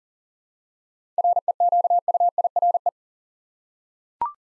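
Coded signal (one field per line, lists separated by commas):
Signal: Morse code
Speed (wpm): 38 wpm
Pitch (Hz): 700 Hz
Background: none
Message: REQUIRE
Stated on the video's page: Morse code practice drill of 7-letter words at 40 wpm, each word sent twice, for head-copy and instant character recognition.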